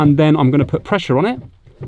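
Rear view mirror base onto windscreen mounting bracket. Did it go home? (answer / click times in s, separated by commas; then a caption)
no / none. Someone talks while handling the plastic base of a Fiat 500 rear view mirror, positioning it against the windscreen mounting bracket before pressing it toward the windscreen. Speech fills most of the clip, followed by two faint short knocks near 1.7 and 1.8 seconds. The mirror has not yet seated or locked onto the bracket.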